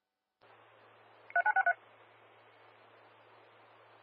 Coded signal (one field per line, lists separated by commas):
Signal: DTMF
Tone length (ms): 70 ms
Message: 3963